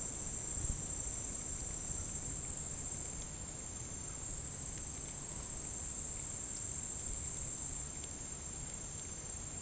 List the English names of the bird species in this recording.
Russet-backed Oropendola